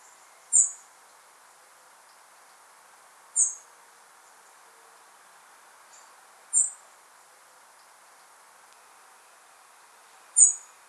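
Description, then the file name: European robin giving thin, very high-pitched calls, four in all, a few seconds apart, over a steady low background hiss. "Erithacus rubecula"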